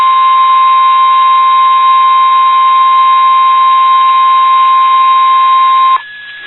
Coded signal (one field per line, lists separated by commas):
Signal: Emergency Alert System (SAME) tones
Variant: 1050 Hz attention tone